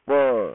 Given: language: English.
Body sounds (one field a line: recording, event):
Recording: throat vibration sensor signal played as sound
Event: speech